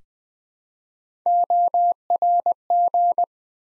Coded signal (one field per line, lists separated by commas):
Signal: Morse code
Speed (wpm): 20 wpm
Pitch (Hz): 700 Hz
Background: none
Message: ORG